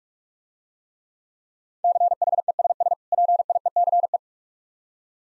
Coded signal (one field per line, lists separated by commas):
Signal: Morse code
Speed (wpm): 46 wpm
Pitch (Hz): 700 Hz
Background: none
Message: CHESS PIECE